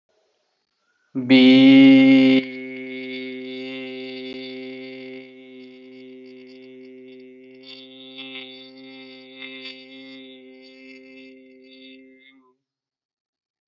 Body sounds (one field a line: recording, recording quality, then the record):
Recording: sustained vowel as in beet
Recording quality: excellent, no background noise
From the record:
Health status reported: healthy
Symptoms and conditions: none ticked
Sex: male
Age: 40 years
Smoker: not ticked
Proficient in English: yes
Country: India